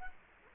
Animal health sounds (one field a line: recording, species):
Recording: mosquito wingbeat signal from an infrared sensor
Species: Culex quinquefasciatus